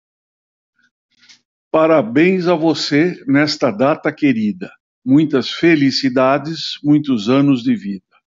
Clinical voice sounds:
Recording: short text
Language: Brazilian Portuguese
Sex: male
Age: 70 to 79 years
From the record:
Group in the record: control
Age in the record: 70 years

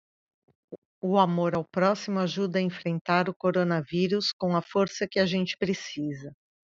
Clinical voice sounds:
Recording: spoken sentence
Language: Brazilian Portuguese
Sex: female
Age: 50 to 59 years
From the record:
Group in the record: control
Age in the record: 52 years

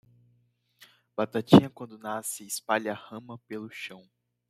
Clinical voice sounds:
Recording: short text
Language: Brazilian Portuguese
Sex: male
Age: 20 to 29 years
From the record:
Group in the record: control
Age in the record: 20 years

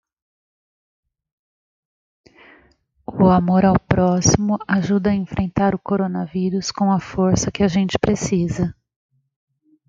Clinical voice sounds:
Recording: spoken sentence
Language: Brazilian Portuguese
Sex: female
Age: 40 to 49 years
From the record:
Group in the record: control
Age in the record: 48 years

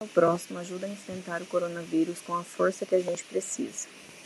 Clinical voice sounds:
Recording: spoken sentence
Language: Brazilian Portuguese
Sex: female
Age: 30 to 39 years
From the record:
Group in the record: control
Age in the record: 32 years

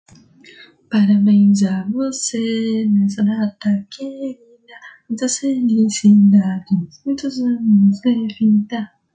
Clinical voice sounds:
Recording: short text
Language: Brazilian Portuguese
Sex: female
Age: 20 to 29 years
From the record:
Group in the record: control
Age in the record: 22 years

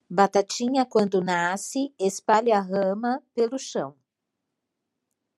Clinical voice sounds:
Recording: short text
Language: Brazilian Portuguese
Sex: female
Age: 60 to 69 years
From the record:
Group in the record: control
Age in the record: 60 years

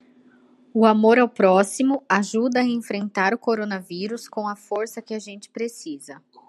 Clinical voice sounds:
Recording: spoken sentence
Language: Brazilian Portuguese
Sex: female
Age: 20 to 29 years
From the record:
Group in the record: control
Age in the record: 29 years

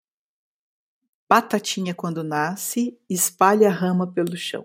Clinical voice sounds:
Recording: short text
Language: Brazilian Portuguese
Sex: female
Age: 40 to 49 years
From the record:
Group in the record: control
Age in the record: 49 years

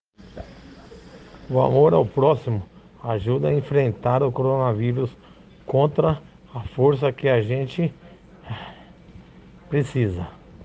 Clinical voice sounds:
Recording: spoken sentence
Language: Brazilian Portuguese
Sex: male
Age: 40 to 49 years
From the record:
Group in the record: respiratory insufficiency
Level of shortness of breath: 5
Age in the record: 46 years

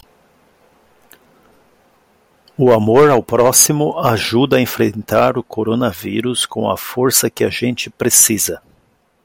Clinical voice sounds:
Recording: spoken sentence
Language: Brazilian Portuguese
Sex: female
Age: 50 to 59 years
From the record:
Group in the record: control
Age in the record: 51 years

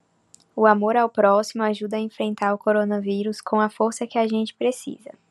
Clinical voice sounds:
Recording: spoken sentence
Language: Brazilian Portuguese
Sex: female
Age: 20 to 29 years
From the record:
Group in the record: control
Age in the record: 27 years

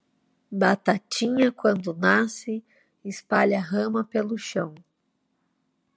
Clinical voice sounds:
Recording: short text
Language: Brazilian Portuguese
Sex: female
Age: 30 to 39 years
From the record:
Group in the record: control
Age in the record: 35 years

